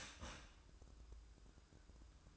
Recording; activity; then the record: daily activity, microphone in the room; start toaster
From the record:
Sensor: 2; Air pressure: 1007.1 hPa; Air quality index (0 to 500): 39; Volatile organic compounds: 1 ppm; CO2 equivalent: 537 ppm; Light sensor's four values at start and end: 6/13/5/5 and 6/13/5/5